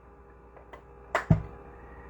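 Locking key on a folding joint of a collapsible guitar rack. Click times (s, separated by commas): 1.2 s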